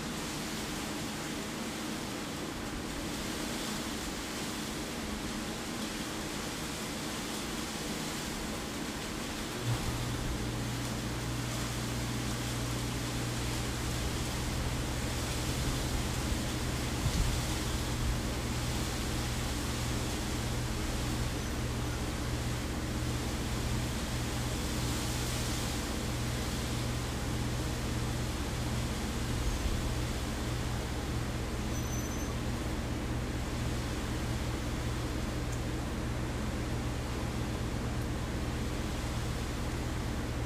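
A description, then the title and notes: A steady, dense wash of rushing rain and water noise fills the whole clip, even and unchanging. Around ten seconds a low droning hum joins in like a motor and continues to the end, with a few soft bumps. Nature noises rain water and white noise.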